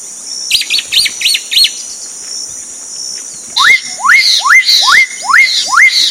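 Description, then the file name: Black-capped donacobius calls: a short run of higher hooked notes, then a series of six loud rising whistles at about two per second, with a continuous insect buzz behind. Recorded at Sertão, Mongaguá, São Paulo state, Brazil, on 27 December 2016. "Donacobius-atricapilla-Sertao Mongagua-SP-27-12-16"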